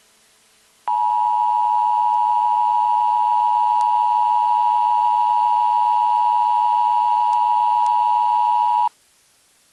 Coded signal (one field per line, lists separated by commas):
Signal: Emergency Alert System (SAME) tones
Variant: 853 and 960 Hz attention tone